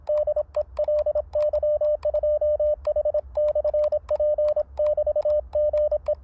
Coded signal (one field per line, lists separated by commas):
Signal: Morse code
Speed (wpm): 26 wpm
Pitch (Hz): 600 Hz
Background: radio noise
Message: DE LY2H/P <BT> GE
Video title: My Tuned Linked EFHW 40-30-20m band Antenna with Common Mode Current suppressed in the field!